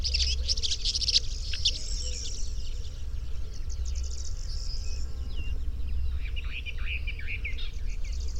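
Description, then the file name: Woodchat shrike with a burst of grating, buzzy notes at first, then quieter twittering and chattering phrases, over a constant low rumble. "woodchat-shrike-2-omkicau"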